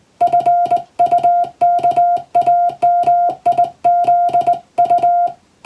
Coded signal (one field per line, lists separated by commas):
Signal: Morse code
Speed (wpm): 20 wpm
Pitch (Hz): 700 Hz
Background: music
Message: FUKAMIZU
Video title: 昔はよくラジオから聞こえた懐かしいモールス符号！通信技術の基礎！モールスはトンとツーで成立します。英語のモールスです。YouTubeの再生速度を設定して聞こう！ morse code practice